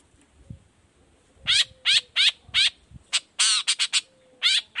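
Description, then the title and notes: Long-tailed shrike giving a run of loud harsh rasping notes in quick succession after a quiet start. Cendet song in the morning, varied toet toet notes, used as a lure to prompt other shrikes of any kind to reply quickly. "Cendet Gacor Dor Di Kala Pagi Toet Toet Variasi Suara. Cendet Gacor Efektif Pancingan Buat Cendet Jenis Apapun Agar Cepat Nyaut Buka Paruh. Burung cendet"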